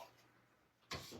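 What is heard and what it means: A small painted wooden basket cutout is pressed into its slot in a farmhouse decor cutout base and pops into place with a sharp hit at 0.9 s. The cutout is seated. No one talks during the clip.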